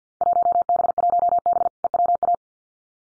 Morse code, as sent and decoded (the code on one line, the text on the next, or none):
.---- -... .---- -... / . .-- .-
1B1B EWA